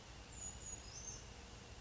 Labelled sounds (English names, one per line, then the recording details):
Brown Creeper
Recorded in Sonoma County, California